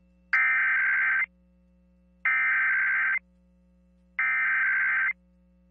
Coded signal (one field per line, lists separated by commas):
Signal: Emergency Alert System (SAME) tones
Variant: header bursts